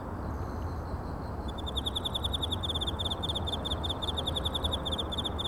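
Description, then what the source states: Cricket chirps in a rapid, slightly uneven series of high, pulsed notes, starting after a second and a half of quiet, with persistent low rumbling noise beneath. Recorded in China.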